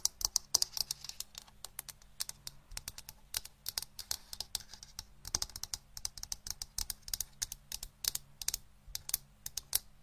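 Brisk, uneven tapping like keyboard typing, bright crisp clicks arriving several per second throughout, over a faint steady low hum.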